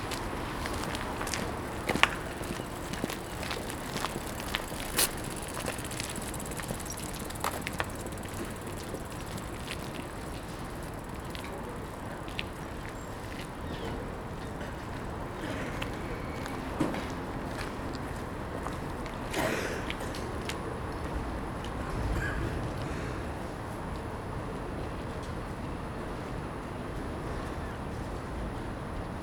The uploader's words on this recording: Captured in the early morning on a cold and damp train station platform. Commuters are gradually filling up the platform in preparation to board trains to their place of work.